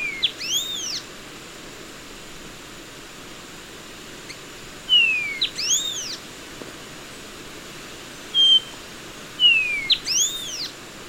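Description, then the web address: Bronze-green euphonia calls: high arching whistled notes with a quick upward slur, repeated every few seconds, over steady faint hiss. Recorded in Ecuador. "Birds of Ecuador. Bronze-green Euphonia"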